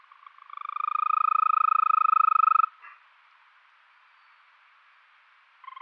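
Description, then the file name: European green toad trilling, a fast even purring trill that swells in loudness over its first second and lasts about two and a half seconds, stops abruptly, then a new trill begins at the end. "Bufo viridis"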